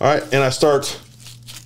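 Someone talks while handling a tourniquet band during a timed self-application on the arm, with faint crinkling handling noise as the talk fades. The band has not yet locked into its buckle, and nothing has seated or clicked yet.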